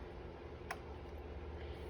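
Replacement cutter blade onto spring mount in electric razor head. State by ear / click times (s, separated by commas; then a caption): seated / 0.7 s. A new plastic and metal cutter blade for a Remington electric razor is held by its sides and pressed onto its spring mount in the razor head. One short, sharp snap sounds at 0.7 s over a low, steady background hum, and the blade is seated.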